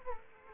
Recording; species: mosquito wingbeat signal from an infrared sensor; Aedes aegypti